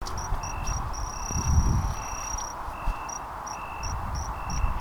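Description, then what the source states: Kinhibari cricket giving a high trill in short bursts, a long steady stretch, then short regular bursts again, over low rumbling and thudding noises, with a lower-pitched insect chirping at intervals. Recorded on 21 June 2015.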